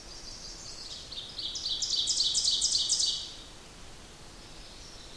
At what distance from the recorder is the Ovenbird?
about 20 m